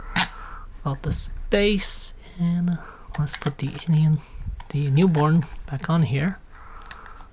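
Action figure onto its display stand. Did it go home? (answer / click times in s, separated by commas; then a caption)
yes / 6.9 s. A plastic NECA Alien Resurrection Newborn hybrid action figure is put back onto its display stand peg while someone talks. A short, sharp hit at 6.9 s marks the figure popping onto the stand, and it is seated.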